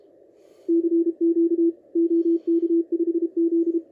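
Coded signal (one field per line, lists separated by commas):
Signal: Morse code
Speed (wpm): 32 wpm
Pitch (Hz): 340 Hz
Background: radio noise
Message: CQ OK5Z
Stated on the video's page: Signals received on a Malahit DSP2 SDR at a kitchen table with its short telescopic aerial or a home-made untuned amplified loop.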